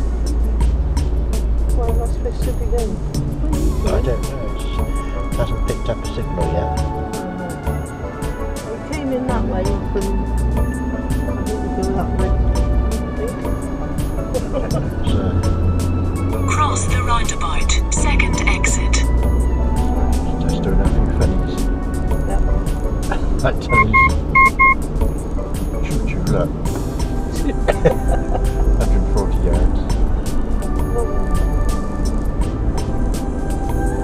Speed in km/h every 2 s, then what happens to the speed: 19, 16, 11, 0, 0, 0, 13, 15, 18, 21, 26, 26, 26, 26, 24, 26, 26.
0-6 slows to 0. 6-10 standing. 10-20 pulls away to 26. 20-34 steady at about 26.